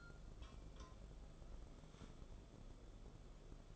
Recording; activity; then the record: daily activity, microphone in the room; take from stove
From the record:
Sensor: 5